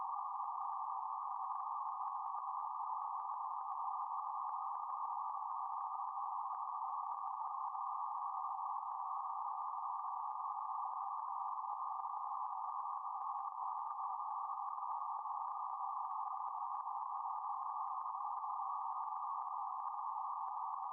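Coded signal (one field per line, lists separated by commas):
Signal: PSK31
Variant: BPSK31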